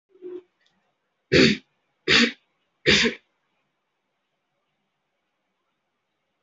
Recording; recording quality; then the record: heavy voluntary cough; poor, much background noise or distortion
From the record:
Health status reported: healthy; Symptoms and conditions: none ticked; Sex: female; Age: 23 years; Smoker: not ticked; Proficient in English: yes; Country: India